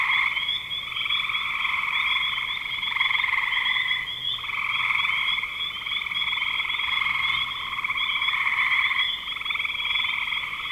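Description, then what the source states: Many frogs trill at once in a high, rattling chorus that pulses steadily, dipping briefly near four and nine seconds. Recorded in spring 2025.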